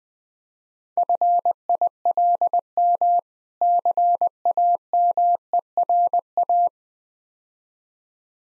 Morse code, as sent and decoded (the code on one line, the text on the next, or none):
..-. .. .-.. -- / -.-. .- -- . .-. .-
FILM CAMERA